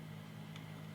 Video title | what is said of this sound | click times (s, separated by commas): AH, DT - 2026 Alter Highlight of Overwatch's Black Lily on a foil Yuriko! Lazav, a 2nd Dimir Tech! | Yep, it is. Cool. And it snaps right in place. | 0.6 s